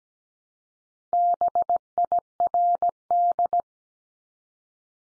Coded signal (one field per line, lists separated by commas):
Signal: Morse code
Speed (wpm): 17 wpm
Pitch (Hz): 700 Hz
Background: none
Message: BIRD